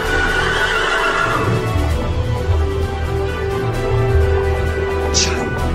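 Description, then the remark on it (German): A shying horse whinnies in loud, wavering cries over a steady rumble, with hooves clip-clopping and a sharp high squeal near the end. “Das Pferd scheut.”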